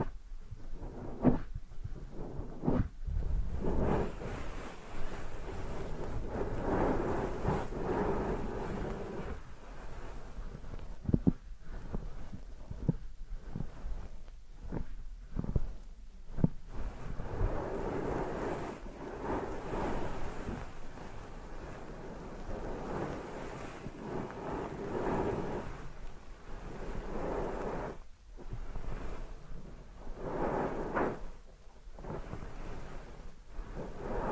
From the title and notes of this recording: ASMR Deep Ear Massage for Sleep(No Talking).